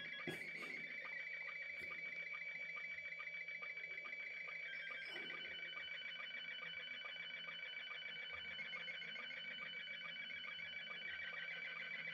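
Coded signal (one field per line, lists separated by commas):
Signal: SSTV (slow-scan television)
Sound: warbling high tone with rapid rhythmic ticking blips, like a buzzing modem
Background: radio static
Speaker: and look there. Open GD77 DM70. You know what? Soon as I speak, cuz the phone is picking it up just from the sound.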